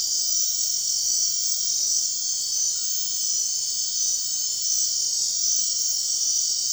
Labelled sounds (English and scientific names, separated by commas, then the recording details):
none
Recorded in dense forest near Puerto Asís, Putumayo, Colombia, on 9 March 2025 at 02:30
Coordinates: 0.499, -76.324
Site GP03